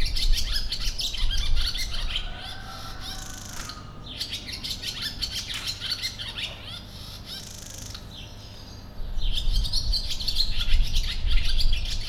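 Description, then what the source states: Sand martins giving dense, dry, scratchy chirps in a busy overlapping chatter that fades after about two seconds and then swells again near the end, over a steady low rumble. In nature, at Potamia, 2016.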